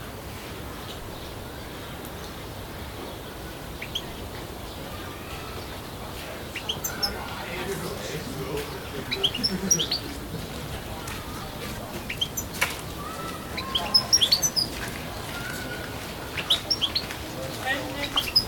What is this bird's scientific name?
Carduelis carduelis